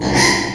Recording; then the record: squeal of a Yucatan mini pig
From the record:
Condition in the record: before surgery on the right vocal fold (resection and tissue-engineered implant); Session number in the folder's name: 1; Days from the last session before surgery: -3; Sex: male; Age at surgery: 12 weeks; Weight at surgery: 13 kg